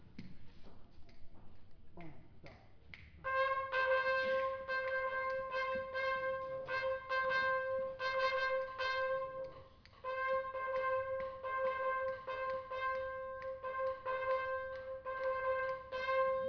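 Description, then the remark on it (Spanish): The first trumpet of the Big Band de Pinto, at Sigüenza in 2012, plays the song melody alone from bar 69 of the arrangement, in bright, sustained notes with short breaks between phrases, following a few seconds of short plucked or tapped notes at the start. “Ahora vais a escucharlo, ¿quién hace la melodía? Que es el trompeta primero,”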